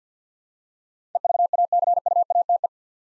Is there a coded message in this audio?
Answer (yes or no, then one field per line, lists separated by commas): yes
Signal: Morse code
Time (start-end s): 1.1-2.7 s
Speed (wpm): 50 wpm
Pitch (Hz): 700 Hz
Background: none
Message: EVACUATE